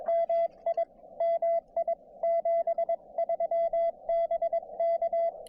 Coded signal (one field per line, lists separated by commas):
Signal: Morse code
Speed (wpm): 22 wpm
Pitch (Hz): 670 Hz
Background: radio noise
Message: MI MI 73BK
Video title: POTA from Beebe Hill Fire Tower